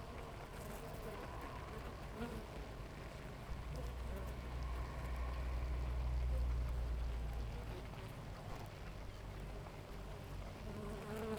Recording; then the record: honeybee colony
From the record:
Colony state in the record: active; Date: 28 July 2017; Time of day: 6:54